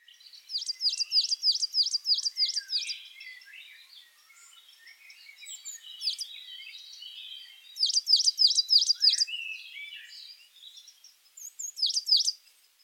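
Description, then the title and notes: Coal tit giving a repeated two-note phrase, high and sharp, in fast runs of up to about eight, with a softer twittering in between. "Coal tit. Московка by deepsweet"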